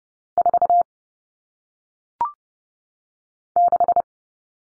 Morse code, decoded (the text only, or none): 4 6